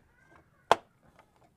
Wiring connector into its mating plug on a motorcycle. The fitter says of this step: kapagka nag-lock na yan Okay na pasok niyo to